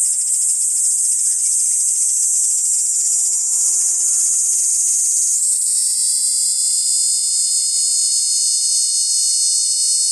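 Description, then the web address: Kaempfer cicada, a continuous piercing buzz that shifts pitch around six seconds as a steady tonal layer enters and holds to the end. "ニイニイゼミ. arpla 自然音研究室"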